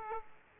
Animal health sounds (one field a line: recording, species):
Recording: mosquito wingbeat signal from an infrared sensor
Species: Aedes aegypti